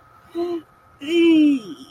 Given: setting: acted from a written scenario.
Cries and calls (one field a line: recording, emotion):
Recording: vocal sound without words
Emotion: disgust